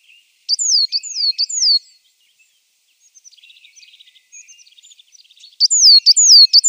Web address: Schulze Peter Marsh Tit song